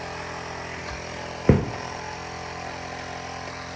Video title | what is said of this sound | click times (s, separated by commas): How to put a Tire on a Wheel at HOME ￼ | I just heard it pop. | 1.5 s